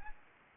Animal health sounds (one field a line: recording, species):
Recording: mosquito wingbeat signal from an infrared sensor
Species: Anopheles arabiensis